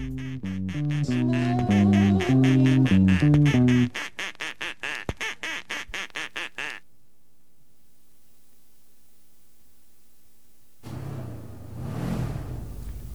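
A duck quacks loudly in nasal, wavering calls that break into a rapid run of short clipped quacks, then silence, followed by a brief rough burst of hissy noise.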